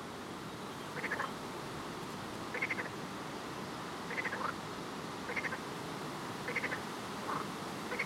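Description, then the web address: Frogs calling in short rattling bursts, roughly one every one to one and a half seconds, with a constant hiss underneath. "Soundscape Frog 1"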